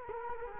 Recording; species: mosquito wingbeat signal from an infrared sensor; Culex quinquefasciatus